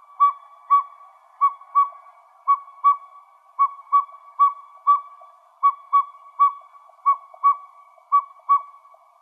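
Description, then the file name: Northern pygmy owl toots, mostly in uneven pairs of mellow whistled notes on a single pitch, separated by short gaps, in otherwise quiet surroundings. Recorded in Arizona. "NOPO 1 deviche"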